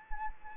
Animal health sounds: mosquito wingbeat signal from an infrared sensor; Anopheles arabiensis

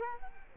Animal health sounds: mosquito wingbeat signal from an infrared sensor; Culex quinquefasciatus

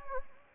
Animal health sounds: mosquito wingbeat signal from an infrared sensor; Anopheles arabiensis

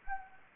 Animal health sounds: mosquito wingbeat signal from an infrared sensor; Anopheles gambiae

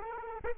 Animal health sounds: mosquito wingbeat signal from an infrared sensor; Culex quinquefasciatus

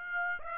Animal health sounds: mosquito wingbeat signal from an infrared sensor; Aedes aegypti

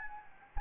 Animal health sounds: mosquito wingbeat signal from an infrared sensor; Anopheles gambiae

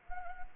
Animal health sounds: mosquito wingbeat signal from an infrared sensor; Anopheles arabiensis

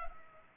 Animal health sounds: mosquito wingbeat signal from an infrared sensor; Culex pipiens

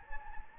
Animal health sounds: mosquito wingbeat signal from an infrared sensor; Anopheles gambiae

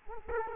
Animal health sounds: mosquito wingbeat signal from an infrared sensor; Culex quinquefasciatus

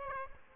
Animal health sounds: mosquito wingbeat signal from an infrared sensor; Aedes aegypti

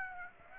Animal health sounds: mosquito wingbeat signal from an infrared sensor; Aedes aegypti

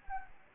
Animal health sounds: mosquito wingbeat signal from an infrared sensor; Anopheles gambiae

